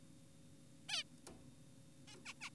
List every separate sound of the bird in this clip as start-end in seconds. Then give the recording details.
0.89-1.04, 2.08-2.16, 2.26-2.34, 2.41-2.50. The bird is an adult. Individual g4p5U